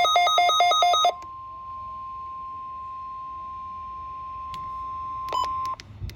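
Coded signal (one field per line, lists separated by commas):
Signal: Emergency Alert System (SAME) tones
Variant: 1050 Hz attention tone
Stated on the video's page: Required weekly test from NOAA weather radio station.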